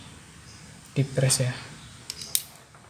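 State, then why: Seated. An RJ45 plug on a UTP LAN cable, pushed fully in, is squeezed in a crimping tool after someone talks. The tool gives sharp clicks at 2.1 and 2.35 seconds, and the connector is crimped and seated.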